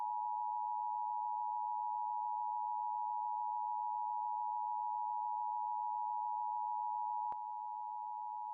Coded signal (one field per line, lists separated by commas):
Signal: Emergency Alert System (SAME) tones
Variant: 853 and 960 Hz attention tone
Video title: (EXTREMELY RARE!!!!) EAS #2,338 - #2,339: 2 LOCAL AREA EMERGENCY ALERTS FOR MADISON COUNTY NEBRASKA!